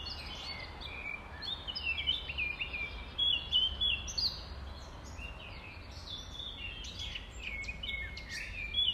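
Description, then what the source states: Nightingale song, repeated bursts of bright whistles and chirps over a steady low background noise. Recorded at dawn, around 05:33 on 5 May 2020.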